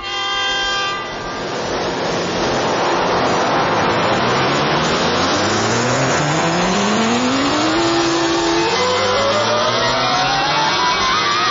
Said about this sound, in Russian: Сколько автомобилей? Куда они все мчатся?